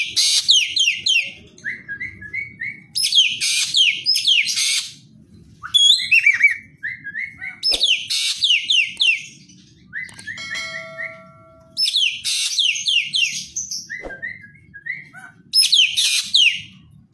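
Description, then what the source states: Javan green magpie singing in bursts every few seconds, with high, harsh notes sliding downward, then short clipped whistles in quick series; brief pauses between phrases. Song described as "gacor".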